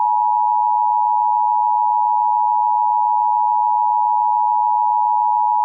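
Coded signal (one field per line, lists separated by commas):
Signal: Emergency Alert System (SAME) tones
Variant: 853 and 960 Hz attention tone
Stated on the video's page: Reenactment mock of a real tornado emergency EAS alert, with valid EAS tones and TTS voice.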